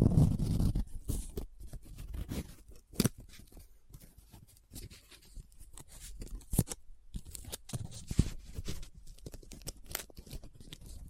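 Paper is handled up close, opening with a loud low rustle and then moving into sparse crinkles and scratches. Sharp snaps and crackles land irregularly, with brighter bursts near three, six and eight seconds, and short quiet gaps between them.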